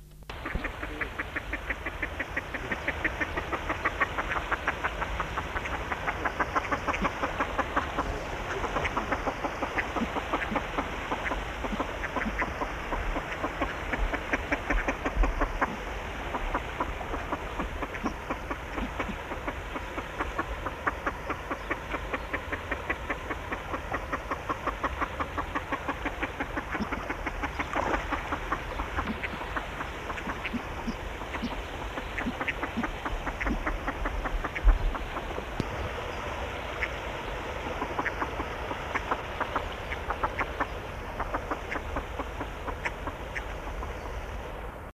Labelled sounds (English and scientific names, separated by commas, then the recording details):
Crested Duck (Lophonetta specularioides) call
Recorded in captivity
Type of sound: call
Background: Aix galericulata
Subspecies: alticola
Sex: group
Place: Zoo Köln, Nordrhein-Westfalen, DE
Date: 1977-03-05
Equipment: Halbspur, 9,5 cm/s
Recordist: Lütgens, Hans
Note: Gruppe verfolgt tief rufenden Mandarinenente(?)